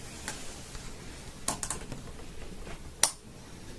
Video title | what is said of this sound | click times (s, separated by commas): Kodiklip Maintenance Video Second Part | you got it in there. Yeah. Yeah. So once you heard it click, and you know it was in there. Perfect. | 3.0 s